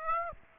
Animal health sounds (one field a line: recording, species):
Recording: mosquito wingbeat signal from an infrared sensor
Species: Aedes aegypti